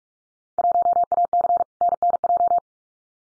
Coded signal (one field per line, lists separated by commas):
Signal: Morse code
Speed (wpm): 44 wpm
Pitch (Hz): 700 Hz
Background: none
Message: 1AC NNJ